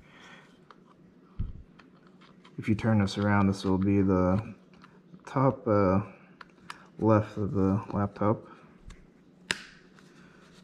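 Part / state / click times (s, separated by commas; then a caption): USB expansion card into laptop expansion bay / seated / 9.5 s. A plastic-and-metal USB expansion card is pushed into the side expansion bay of a Framework Laptop DIY Edition while someone talks, with light taps and handling clicks in the background. It clicks into the bay at 9.5 s with a sharp, bright snap and is seated.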